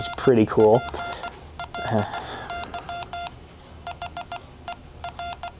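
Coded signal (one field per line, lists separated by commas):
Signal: none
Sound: prop phaser remote beeps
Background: speech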